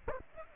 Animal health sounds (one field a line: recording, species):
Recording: mosquito wingbeat signal from an infrared sensor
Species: Aedes aegypti